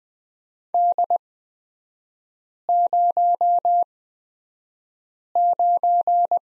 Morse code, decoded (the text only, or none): D09